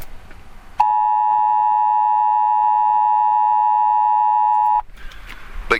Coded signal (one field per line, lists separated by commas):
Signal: Emergency Alert System (SAME) tones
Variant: 853 and 960 Hz attention tone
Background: speech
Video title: " The Chat " ( 06.27.2025 ) Discussing The Emergency Alert System